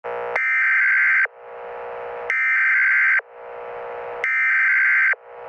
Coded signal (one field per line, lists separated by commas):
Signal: Emergency Alert System (SAME) tones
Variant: header bursts